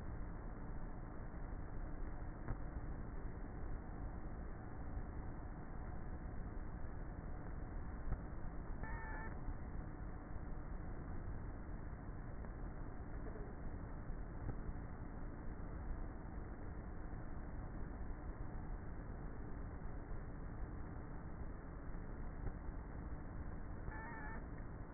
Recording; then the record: honeybee colony, microphone inside the hive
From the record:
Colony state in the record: queenless with a low population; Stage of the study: before two queens were removed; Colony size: about 30,000 bees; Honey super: no